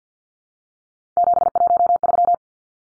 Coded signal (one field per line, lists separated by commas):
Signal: Morse code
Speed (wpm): 50 wpm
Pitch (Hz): 700 Hz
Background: none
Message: 713